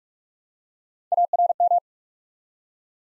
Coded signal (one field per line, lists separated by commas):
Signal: Morse code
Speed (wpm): 44 wpm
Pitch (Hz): 700 Hz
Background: none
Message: ARM